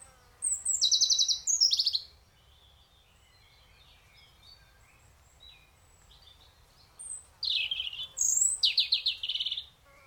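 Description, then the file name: European robin song: two bright phrases, each a run of high buzzy trills and thin sliding whistles, separated by a quiet pause with faint twittering between. "Erithacus rubecula"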